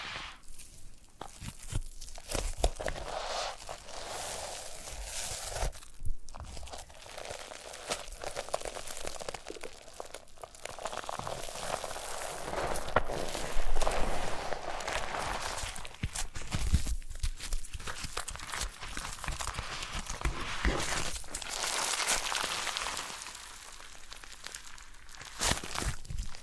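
Foam being massaged and squeezed, a dense continuous crinkling and crunching texture with bright hiss, swelling slightly around the middle and never pausing.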